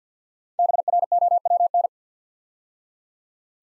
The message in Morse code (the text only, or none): BROWN